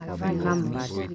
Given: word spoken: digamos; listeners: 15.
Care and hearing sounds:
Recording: one Spanish word in noise, from a listening test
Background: four-talker babble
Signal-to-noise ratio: 0.7 dB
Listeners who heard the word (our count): 1 of 15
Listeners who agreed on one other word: 8 of 15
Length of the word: 0.75 s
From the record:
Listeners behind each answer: 8, 2, 2, 1, 1, 1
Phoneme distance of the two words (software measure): 20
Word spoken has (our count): 3 syllables, 7 phonemes, stress on syllable 2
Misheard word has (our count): 3 syllables, 7 phonemes, stress on syllable 2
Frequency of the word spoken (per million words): 17.02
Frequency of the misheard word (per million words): 1.06

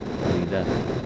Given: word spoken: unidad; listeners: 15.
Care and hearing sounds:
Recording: one Spanish word in noise, from a listening test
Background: noise modulated by three-talker babble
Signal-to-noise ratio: -3.2 dB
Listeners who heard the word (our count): 1 of 15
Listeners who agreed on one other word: 7 of 15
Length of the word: 0.66 s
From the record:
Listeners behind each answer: 7, 3, 2, 1, 1, 1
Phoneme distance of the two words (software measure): 28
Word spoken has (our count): 3 syllables, 6 phonemes, stress on syllable 3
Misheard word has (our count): 2 syllables, 6 phonemes, stress on syllable 2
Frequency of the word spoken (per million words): 107.67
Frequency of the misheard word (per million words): 387.05

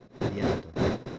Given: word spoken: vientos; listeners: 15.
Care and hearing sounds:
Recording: one Spanish word in noise, from a listening test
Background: noise modulated by one talker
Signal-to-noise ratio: -10.9 dB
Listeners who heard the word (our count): 0 of 15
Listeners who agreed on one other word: 7 of 15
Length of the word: 0.79 s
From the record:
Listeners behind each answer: 7, 2, 2, 1, 1, 1, 1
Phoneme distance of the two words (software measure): 7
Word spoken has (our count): 2 syllables, 7 phonemes, stress on syllable 1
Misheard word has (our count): 2 syllables, 6 phonemes, stress on syllable 1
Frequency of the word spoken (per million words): 25.29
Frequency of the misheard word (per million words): 62.88

